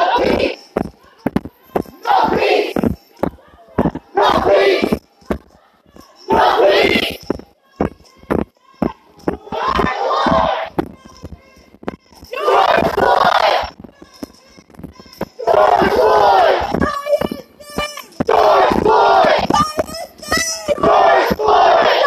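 Protest crowd in Niagara Square shouts chants in loud rhythmic bursts, with quick clapping beats between, the shouts growing longer and fuller after twelve seconds.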